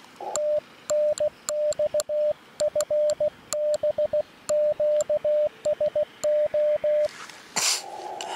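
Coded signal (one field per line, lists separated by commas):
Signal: Morse code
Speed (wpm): 22 wpm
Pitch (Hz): 610 Hz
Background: radio noise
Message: TNX FB QSO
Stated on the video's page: Beginner's CW contacts at 16 wpm, 10 W from an IC-705 into an RHM12 antenna, on a riverbank portable outing; five stations answered a CQ, with QSB fading.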